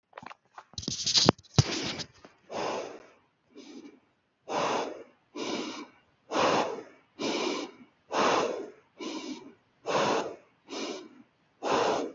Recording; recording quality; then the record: shallow breathing; excellent, no background noise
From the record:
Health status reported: healthy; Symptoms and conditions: none ticked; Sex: male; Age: 26 years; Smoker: not ticked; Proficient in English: yes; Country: Canada